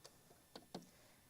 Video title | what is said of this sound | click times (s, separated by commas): 2022 ReMakerFest: Stream A [Hybrid] | once that's in you can pop the lid back on | 0.6 s, 0.8 s